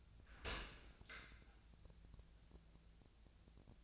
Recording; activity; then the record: daily activity, microphone in the room; open dishwasher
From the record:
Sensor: 2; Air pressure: 1000.4 hPa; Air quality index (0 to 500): 162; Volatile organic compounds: 3 ppm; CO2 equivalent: 1348 ppm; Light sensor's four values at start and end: 13/36/14/16 and 13/36/14/16